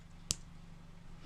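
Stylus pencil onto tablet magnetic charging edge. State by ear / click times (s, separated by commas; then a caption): seated / 0.3 s. A plastic stylus pencil is held against the side of an iPad and snaps onto its magnetic charging strip. A single sharp click sounds at 0.3 s over a low background hum, and the stylus is seated on the charging edge.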